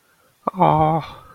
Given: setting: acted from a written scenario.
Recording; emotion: vocal sound without words; adoration